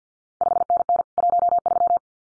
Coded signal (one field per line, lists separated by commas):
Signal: Morse code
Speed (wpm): 50 wpm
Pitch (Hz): 700 Hz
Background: none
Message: 5NN 13